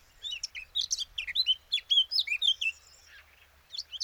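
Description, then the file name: Eurasian blackcap warbling phrase of rapid, varied high chirps and twittering notes over about two and a half seconds, then a pause and a brief renewed burst; faint low rumble. "Sylvia atricapilla"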